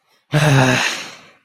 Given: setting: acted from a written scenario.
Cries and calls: vocal sound without words; anger

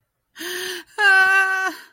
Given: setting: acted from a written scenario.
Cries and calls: vocal sound without words; negative surprise

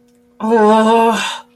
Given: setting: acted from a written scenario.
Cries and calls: vocal sound without words; anger

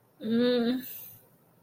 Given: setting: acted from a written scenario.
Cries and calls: vocal sound without words; shame

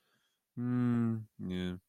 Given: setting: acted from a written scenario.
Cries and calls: vocal sound without words; neutral

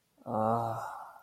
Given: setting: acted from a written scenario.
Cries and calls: vocal sound without words; distress

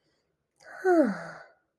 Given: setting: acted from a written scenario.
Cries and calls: vocal sound without words; serenity

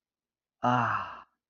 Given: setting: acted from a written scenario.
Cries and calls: vocal sound without words; contentment

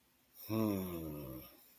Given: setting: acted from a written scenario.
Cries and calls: vocal sound without words; neutral

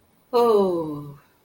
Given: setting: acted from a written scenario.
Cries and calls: vocal sound without words; contentment

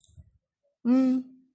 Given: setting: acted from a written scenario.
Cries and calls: vocal sound without words; neutral

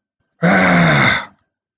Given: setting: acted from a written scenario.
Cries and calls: vocal sound without words; anger

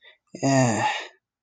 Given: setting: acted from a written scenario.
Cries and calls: vocal sound without words; shame

